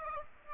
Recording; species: mosquito wingbeat signal from an infrared sensor; Aedes aegypti